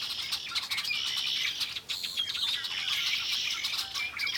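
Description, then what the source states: Red-winged Blackbirds calling together in a busy, unbroken chorus of harsh chips and whistles. Large flock that had been feeding on the ground flew to a nearby tree and burst into sound; windy day, near a boardwalk, Lacassine Pool.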